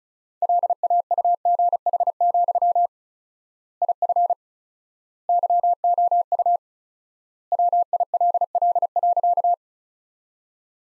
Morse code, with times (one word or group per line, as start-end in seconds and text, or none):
0.4-2.9 LAUGH,
3.8-4.3 IF
5.3-6.6 YOU
7.5-9.5 WILL.